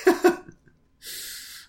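Two short, sharp coughs in quick succession open the clip, followed by a faint trailing breath, from an adult who has been sick for a second day in a row. After a brief pause, a steady hiss of background noise fills the rest.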